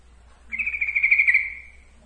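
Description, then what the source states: Yellow-vented bulbul song: a single rapid, fluttering trill held on one pitch for about a second, then fading, with a faint low hum underneath. Trucukan song, for masteran training.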